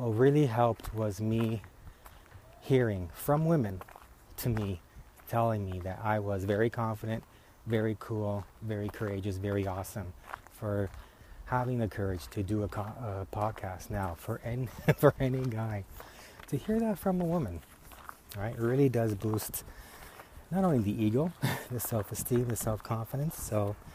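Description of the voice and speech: An adult man who stutters speaks with stretched sounds, brief hesitations and a repeated phrase, typical of mild stuttering.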